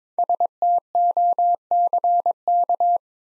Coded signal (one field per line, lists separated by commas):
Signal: Morse code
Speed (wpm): 22 wpm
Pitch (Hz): 700 Hz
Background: none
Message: STOCK